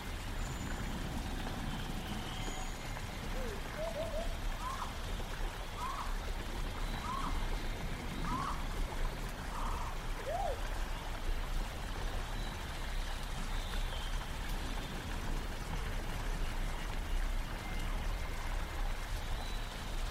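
A prehistoric forest ambience: a steady low rumble with an even hiss runs the whole way through. From about three to ten seconds a series of short warbling calls repeats roughly once a second, and a few thin high whistles sound early on.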